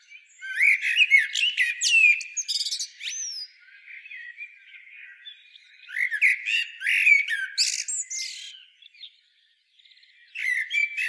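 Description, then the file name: Common blackbird, dense runs of high squeaky and chattering notes in two long bursts, separated by quieter scratchy warbling, then a short pause and a new burst at the close. "Turdus merula"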